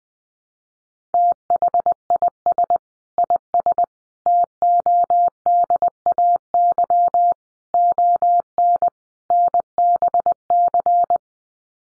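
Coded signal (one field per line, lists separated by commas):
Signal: Morse code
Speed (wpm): 20 wpm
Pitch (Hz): 700 Hz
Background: none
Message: THIS IS TODAY ON NBC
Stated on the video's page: Head-copy practice of common five-word sets in Morse at 20 wpm, each sent in Morse, then spoken, then sent again.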